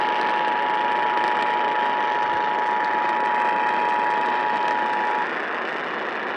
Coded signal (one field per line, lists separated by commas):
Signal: Emergency Alert System (SAME) tones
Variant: 853 and 960 Hz attention tone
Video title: EAS #3310 Tornado Warning on WILL-AM